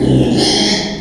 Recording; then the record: squeal of a Yucatan mini pig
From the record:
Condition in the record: after surgery on the right vocal fold (resection and tissue-engineered implant); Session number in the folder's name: 2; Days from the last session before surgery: 13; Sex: male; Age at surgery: 12 weeks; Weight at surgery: 13 kg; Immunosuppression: cyclosporine, prednisolone